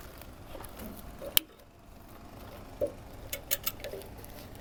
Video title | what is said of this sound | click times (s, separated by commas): Outdoor Shades USA - Outside Mount Installation for Motorized screens | and when you hear that click you know that the motor side is securely fastened | 1.4 s